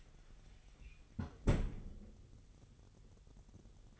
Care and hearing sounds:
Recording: daily activity, microphone in the room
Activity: close fridge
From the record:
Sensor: 4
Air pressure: 989.2 hPa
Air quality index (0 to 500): 223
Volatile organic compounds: 81 ppm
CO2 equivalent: 3619 ppm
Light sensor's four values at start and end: 26/90/33/35 and 26/92/34/36

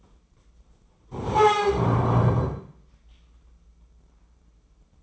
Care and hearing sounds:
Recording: daily activity, microphone in the room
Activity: stand up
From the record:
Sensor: 1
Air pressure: 996.0 hPa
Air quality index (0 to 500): 235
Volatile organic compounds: 1000 ppm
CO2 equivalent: 6848 ppm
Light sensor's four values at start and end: 34/85/36/44 and 33/81/35/42

